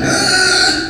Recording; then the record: squeal of a Yucatan mini pig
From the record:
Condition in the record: before surgery on the right vocal fold (resection and tissue-engineered implant); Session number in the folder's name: 3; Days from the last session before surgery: 0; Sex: female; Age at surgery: 19 weeks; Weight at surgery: 25 kg